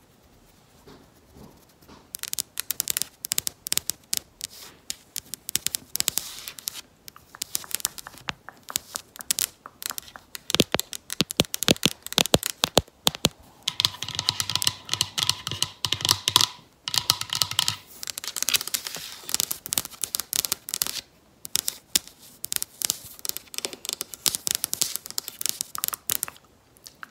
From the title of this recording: Nail Tapping, Camera Tapping